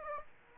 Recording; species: mosquito wingbeat signal from an infrared sensor; Aedes aegypti